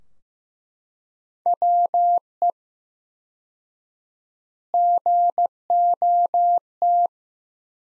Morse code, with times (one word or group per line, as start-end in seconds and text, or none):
1.5-2.5 WE
4.7-7.1 GOT